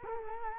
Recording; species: mosquito wingbeat signal from an infrared sensor; Culex quinquefasciatus